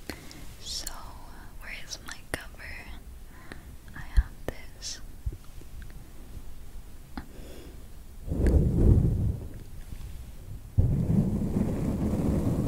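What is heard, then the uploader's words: Quiet handling sounds fill the first eight seconds: sparse sticky clicks and squelches, like slime being pressed, with a sharp tap near four seconds. Around eight seconds a loud, muffled rubbing swells and fades, then a deep, dense brushing rumble returns at eleven seconds and continues to the end. ASMR Triggers with Mini Hands. Slime. Face Touching. Brushing.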